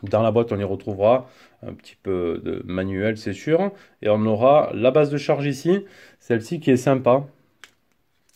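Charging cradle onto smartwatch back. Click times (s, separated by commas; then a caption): 7.6 s. Someone talks for most of the clip, then a plastic charging base for an Amazfit Bip S smartwatch clips onto the back of the watch. A sharp click at 7.6 s marks the cradle seating, followed by a few faint ticks.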